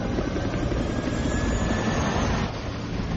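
A helicopter roars steadily, its loud engine and rotor noise forming a dense, unbroken rumble with a faint whine above it, dipping only slightly near the end. No voices are heard. The helicopter was waiting at Tangier airport and carries Karim Salhi to Casablanca.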